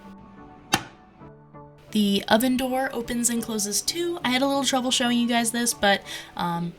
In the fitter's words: and it closes with a really nice click